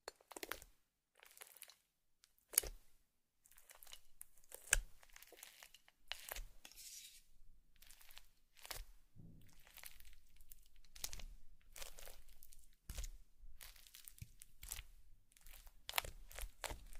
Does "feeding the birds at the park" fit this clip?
no